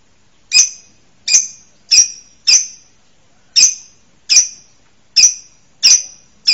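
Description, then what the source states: Bird, short high ringing chip notes repeated at somewhat irregular intervals, with silence between. Masteran, a tutor recording used to train songbirds.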